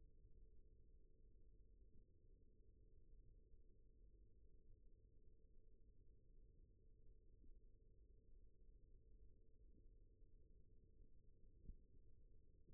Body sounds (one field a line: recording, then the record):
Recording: forearm muscle sounds (acoustic myography)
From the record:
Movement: rest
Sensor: system 1, eight BSWA MPA416 microphones around the upper forearm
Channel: 4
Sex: male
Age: 41 years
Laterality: right